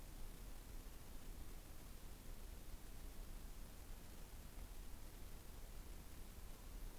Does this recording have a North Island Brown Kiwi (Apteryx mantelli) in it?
no